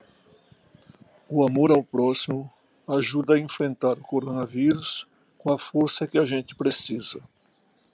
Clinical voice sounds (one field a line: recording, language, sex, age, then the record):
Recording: spoken sentence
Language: Brazilian Portuguese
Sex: male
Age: 70 to 79 years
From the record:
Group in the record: control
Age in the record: 70 years